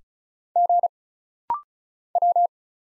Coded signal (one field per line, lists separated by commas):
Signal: Morse code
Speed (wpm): 36 wpm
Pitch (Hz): 700 Hz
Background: none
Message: G W